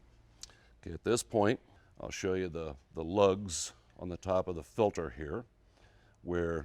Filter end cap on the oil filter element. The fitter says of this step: snap that cap right off of there okay at